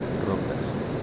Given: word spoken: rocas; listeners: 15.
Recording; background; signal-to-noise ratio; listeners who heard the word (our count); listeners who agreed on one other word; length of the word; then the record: one Spanish word in noise, from a listening test; speech-shaped noise; -4.0 dB; 2 of 15; 6 of 15; 0.63 s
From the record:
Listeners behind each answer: 6, 2, 2, 1, 1, 1, 1, 1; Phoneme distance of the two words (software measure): 10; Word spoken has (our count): 2 syllables, 5 phonemes, stress on syllable 1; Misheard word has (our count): 2 syllables, 5 phonemes, stress on syllable 1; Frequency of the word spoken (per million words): 20.95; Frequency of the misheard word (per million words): 14.15